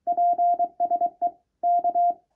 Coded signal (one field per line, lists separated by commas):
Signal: Morse code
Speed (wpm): 23 wpm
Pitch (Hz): 700 Hz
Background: none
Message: PSE K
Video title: QRP Labs 50W PA: 3 things you should know before buying